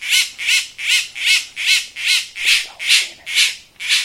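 Bird giving harsh, buzzy squawking calls repeated steadily about two to three times a second, ten in quick succession.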